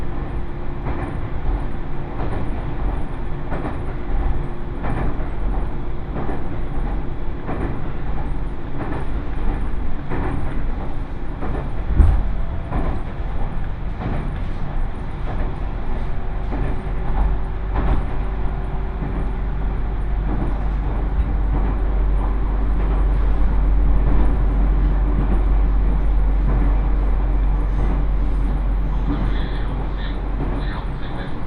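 A ride aboard an Iida Line train running from Mikawa-Makihara toward Shinshū, with a steady deep rumble of the carriage throughout. Sharp clacks from the rails come at frequent, uneven intervals, with a sustained low drone underneath and a slight swell in loudness after the midpoint.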